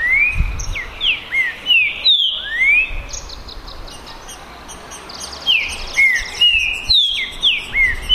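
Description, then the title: Green-winged saltator song: loud whistled phrases sliding down and up, delivered in bursts with short pauses, and faint low rumbling underneath. Two birds in a song contest during the 2022 season, chirping, singing and giving assertive male song in the dispute. "TRINCA Piando, Cantando E Macheando Na DISPUTA. ISSO SIM!! É UMA DISPUTA DE TRINCA FERRO PERFEITA!! NAVAL VS DEMOLIDOR 2022! TEMPORADA 2022!"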